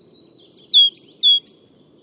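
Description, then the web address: Great tit singing a rhythmic series of whistled two-note phrases, high then low, in quick succession after faint soft notes. "SETE data Parus major"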